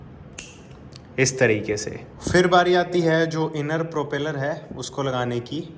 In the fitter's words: यहाँ से ड्रॉप करेंगे तो ये यहाँ पर आकर के लॉक हो जाएगा।